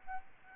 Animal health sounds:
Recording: mosquito wingbeat signal from an infrared sensor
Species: Aedes albopictus

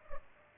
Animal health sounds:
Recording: mosquito wingbeat signal from an infrared sensor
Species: Culex pipiens

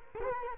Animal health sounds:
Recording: mosquito wingbeat signal from an infrared sensor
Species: Culex quinquefasciatus

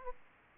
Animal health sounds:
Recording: mosquito wingbeat signal from an infrared sensor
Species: Aedes aegypti

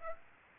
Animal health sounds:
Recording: mosquito wingbeat signal from an infrared sensor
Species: Aedes aegypti

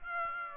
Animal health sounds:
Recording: mosquito wingbeat signal from an infrared sensor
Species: Aedes aegypti

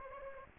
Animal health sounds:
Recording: mosquito wingbeat signal from an infrared sensor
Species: Aedes aegypti

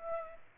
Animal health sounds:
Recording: mosquito wingbeat signal from an infrared sensor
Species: Aedes aegypti

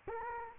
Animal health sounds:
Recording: mosquito wingbeat signal from an infrared sensor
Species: Culex quinquefasciatus

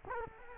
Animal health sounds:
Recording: mosquito wingbeat signal from an infrared sensor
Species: Culex quinquefasciatus

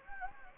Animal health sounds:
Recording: mosquito wingbeat signal from an infrared sensor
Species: Anopheles gambiae

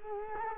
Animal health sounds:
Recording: mosquito wingbeat signal from an infrared sensor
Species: Culex quinquefasciatus

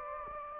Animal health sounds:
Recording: mosquito wingbeat signal from an infrared sensor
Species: Anopheles gambiae

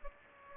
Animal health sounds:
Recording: mosquito wingbeat signal from an infrared sensor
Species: Aedes aegypti

